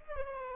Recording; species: mosquito wingbeat signal from an infrared sensor; Aedes albopictus